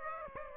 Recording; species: mosquito wingbeat signal from an infrared sensor; Aedes aegypti